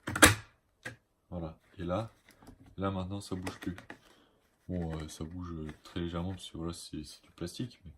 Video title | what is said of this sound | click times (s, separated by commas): Camouflage sniper AS-01 amoeba ares fr | et là vous allez en temps ça ça vient se clipser voilà | 0.1 s, 0.2 s